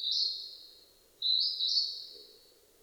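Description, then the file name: Northern hawk-cuckoo: two loud, high, strained whistles in quick succession, the second longer and stepping upward before fading, with faint low hum behind. 15 May 2007 at 18:36. "jyuuiti 20070515 1836"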